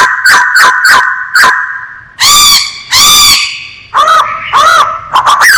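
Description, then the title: Masked laughingthrush song: loud, rich harmonic notes. It opens with quick repeated notes, then gives longer drawn-out calls and closes with choppy, bouncing phrases. Singing actively (gacor). "Kicau Burung Poksay Hongkong Gacor"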